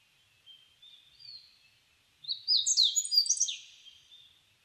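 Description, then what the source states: Meadow bunting sings a quick burst of bright, tumbling high notes with downward sweeps, preceded by a few faint thin notes. Recorded 19 July 2004.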